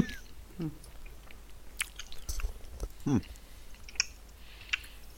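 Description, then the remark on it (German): Someone chews a mouthful of crunchy cornflakes, with soft, irregular crackling bursts and clicks scattered over a few seconds, fairly quiet and with no talking. “Nee, ich hab doch Cornflakes.”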